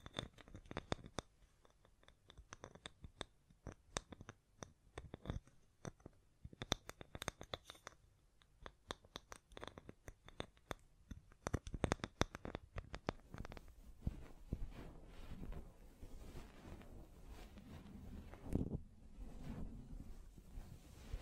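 Sharp irregular taps and scratches come in quick clusters, then give way after thirteen seconds to denser rubbing and brushing with low rumbles.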